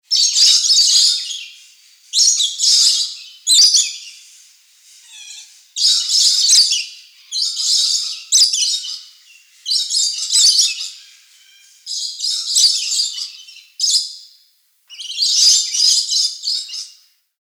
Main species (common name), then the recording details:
Coconut Lorikeet. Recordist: Tembrock, Günter. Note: Lautfolgen